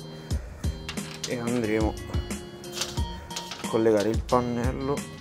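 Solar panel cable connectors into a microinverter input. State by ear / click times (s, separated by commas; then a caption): not seated / none. A solar panel's cable connectors are being handled toward the DC input of a Hoymiles HMS 800 microinverter on a balcony, while someone talks over music. Brief sharp transients are heard, but nothing has seated or clicked yet.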